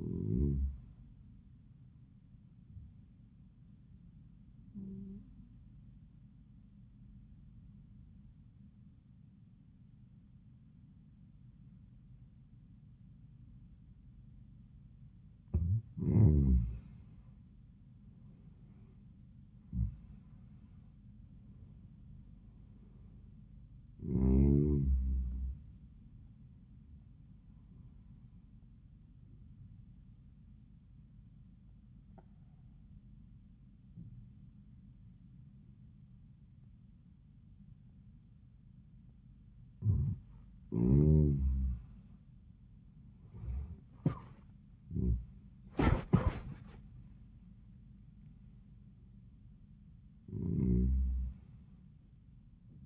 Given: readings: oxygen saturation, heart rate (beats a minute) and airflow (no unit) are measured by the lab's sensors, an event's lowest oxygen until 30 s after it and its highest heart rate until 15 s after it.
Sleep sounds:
breathing in sleep by a smartphone at the bedside; 2
6.00-16.70 s: obstructive apnea (N1, oxygen 97% highest, then 86% lowest, heart rate 88 at the start, 93 highest)
29.00-40.90 s: obstructive apnea (N1, oxygen 95% highest, then 90% lowest, heart rate 88 at the start, 93 highest)
From the record:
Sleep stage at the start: N1 (lightest sleep); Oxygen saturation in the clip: 86 to 97%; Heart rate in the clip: 81 to 95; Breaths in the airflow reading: 10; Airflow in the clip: -19.6 to 21.6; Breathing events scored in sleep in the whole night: 400 in 8.7 hours asleep

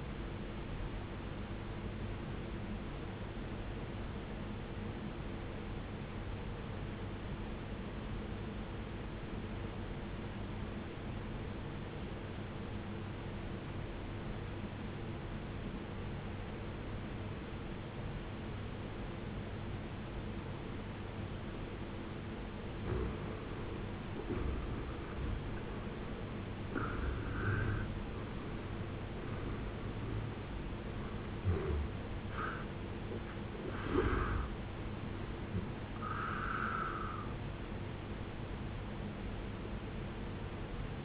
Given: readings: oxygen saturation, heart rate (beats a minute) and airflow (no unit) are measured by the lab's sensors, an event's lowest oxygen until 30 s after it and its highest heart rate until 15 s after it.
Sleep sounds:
breathing in sleep by a voice recorder at the bedside; 1
3.00-24.90 s: obstructive apnea (N2, oxygen 93% highest, then 80% lowest, heart rate 56 at the start, 78 highest)
From the record:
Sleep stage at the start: N2 (light sleep); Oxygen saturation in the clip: 78 to 93%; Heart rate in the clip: 56 to 78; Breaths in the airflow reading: 4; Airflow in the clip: -12.5 to 15.2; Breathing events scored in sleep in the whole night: 389 in 6.3 hours asleep

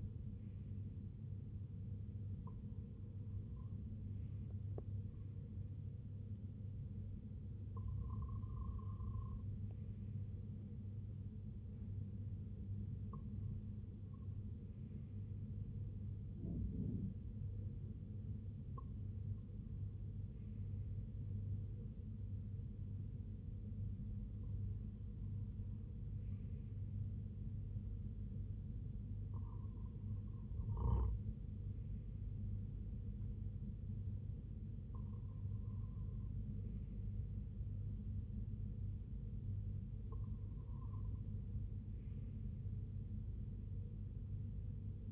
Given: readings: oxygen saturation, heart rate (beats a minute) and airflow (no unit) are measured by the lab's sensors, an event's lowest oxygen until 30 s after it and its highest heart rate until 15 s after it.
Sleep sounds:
breathing in sleep by a smartphone at the bedside; none
none scored
From the record:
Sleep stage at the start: REM sleep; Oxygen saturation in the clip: 95 to 96%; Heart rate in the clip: 60 to 71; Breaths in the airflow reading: 9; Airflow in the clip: -7.3 to 3.6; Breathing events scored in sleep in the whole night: 258 in 7.4 hours asleep

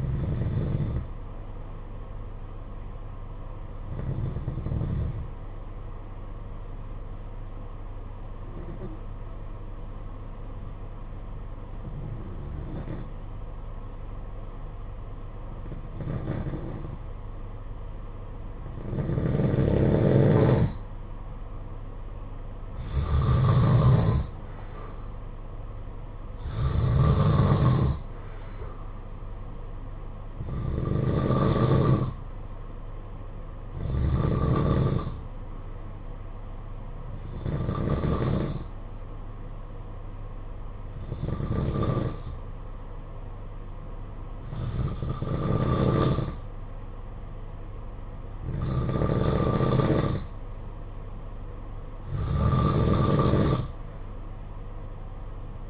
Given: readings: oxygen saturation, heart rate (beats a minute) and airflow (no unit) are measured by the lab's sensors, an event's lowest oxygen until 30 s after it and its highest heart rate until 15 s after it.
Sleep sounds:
breathing in sleep by a smartphone at the bedside; 1
2.00-32.00 s: new sleep stage, N1 (lightest sleep)
8.00-19.40 s: hypopnea (N1, oxygen 95% highest, then 89% lowest, heart rate 52 at the start, 62 highest)
32.00-55.70 s: new sleep stage, N2 (light sleep)
From the record:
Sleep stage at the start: N2 (light sleep); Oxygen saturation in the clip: 89 to 95%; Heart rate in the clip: 52 to 62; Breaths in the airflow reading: 15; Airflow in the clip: -11.1 to 6.2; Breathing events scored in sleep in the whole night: 476 in 9.7 hours asleep

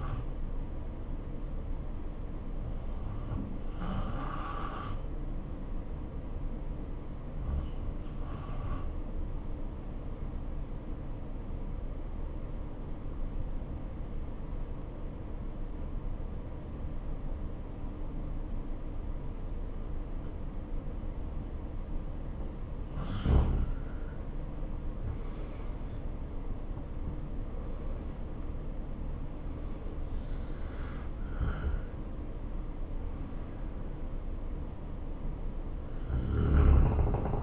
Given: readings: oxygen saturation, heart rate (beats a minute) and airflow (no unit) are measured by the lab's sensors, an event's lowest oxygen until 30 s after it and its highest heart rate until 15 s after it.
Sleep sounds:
breathing in sleep by a smartphone at the bedside; 1
8.00-23.80 s: obstructive apnea (N2, oxygen 89% highest, then 84% lowest, heart rate 65 at the start, 81 highest)
From the record:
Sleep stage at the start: N2 (light sleep); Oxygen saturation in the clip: 84 to 89%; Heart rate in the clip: 63 to 81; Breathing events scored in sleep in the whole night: 277 in 7.4 hours asleep

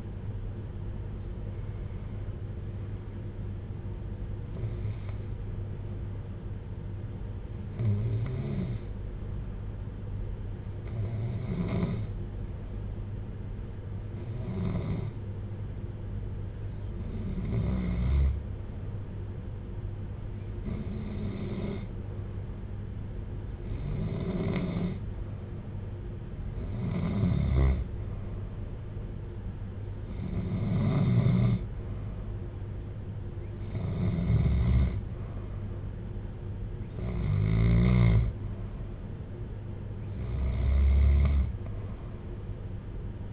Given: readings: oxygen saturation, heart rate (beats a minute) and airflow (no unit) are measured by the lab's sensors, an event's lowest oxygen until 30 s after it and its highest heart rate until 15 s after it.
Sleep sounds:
breathing in sleep by a smartphone at the bedside; 1
3.00-19.30 s: hypopnea (N2, oxygen 95% highest, then 91% lowest, heart rate 56 at the start, 63 highest)
34.00-43.32 s: new sleep stage, REM sleep
From the record:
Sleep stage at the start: N2 (light sleep); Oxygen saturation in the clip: 88 to 95%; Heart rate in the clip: 56 to 63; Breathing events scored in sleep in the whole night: 310 in 8.1 hours asleep

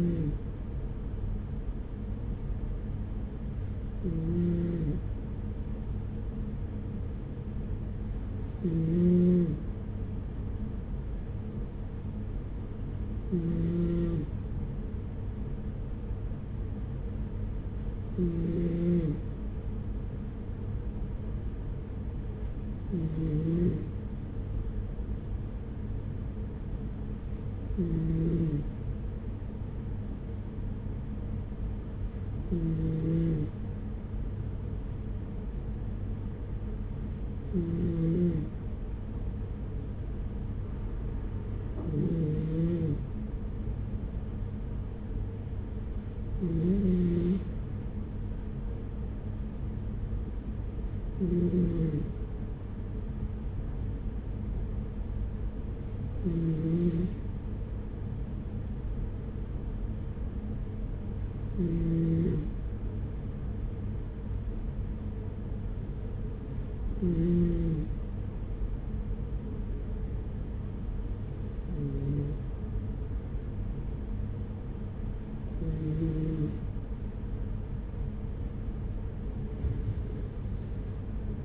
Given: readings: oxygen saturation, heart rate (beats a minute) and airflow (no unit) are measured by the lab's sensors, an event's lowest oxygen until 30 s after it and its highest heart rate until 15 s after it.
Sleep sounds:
breathing in sleep by a smartphone at the bedside; none
none scored
From the record:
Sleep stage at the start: N2 (light sleep); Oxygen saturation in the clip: 95 to 96%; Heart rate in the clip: 41 to 47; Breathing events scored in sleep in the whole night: 210 in 6.9 hours asleep

